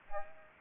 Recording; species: mosquito wingbeat signal from an infrared sensor; Aedes aegypti